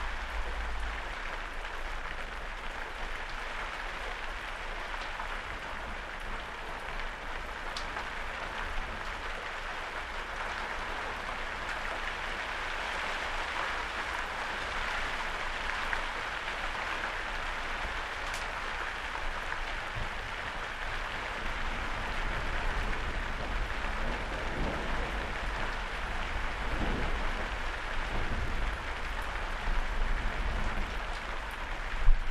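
Storm rain drums steadily and densely in the shed, a dull roar that grows slightly louder after twenty seconds, with low rumbles beneath.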